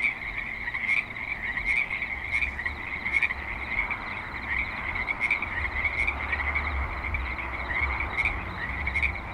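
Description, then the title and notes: Chorus of croaking frogs with spaced repeated notes, over a low rumble. Several frogs at a creek in Spanish Springs, Nevada, with light traffic and other suburban sounds. "Frogs in Spanish Springs, NV - creek view. Frogs with light traffic and other suburban sounds"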